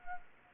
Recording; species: mosquito wingbeat signal from an infrared sensor; Anopheles arabiensis